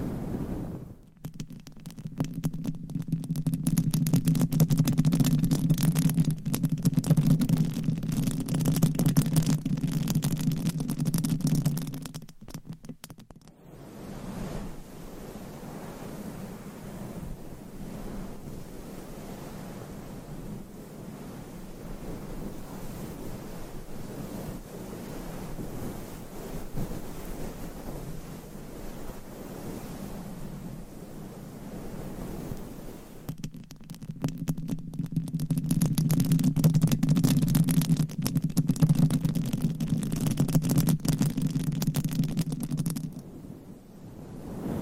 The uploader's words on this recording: Mic Scratching - Brain Scratching with DIFFERENT MICS Covers & Nails. No Talking.